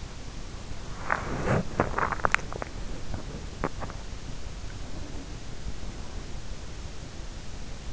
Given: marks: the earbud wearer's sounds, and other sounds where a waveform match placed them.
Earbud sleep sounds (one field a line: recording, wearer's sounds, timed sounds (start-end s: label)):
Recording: sounds in sleep by an in-ear microphone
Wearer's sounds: body movement, teeth grinding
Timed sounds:
1.03-3.60 s: body movement
1.85-4.06 s: teeth grinding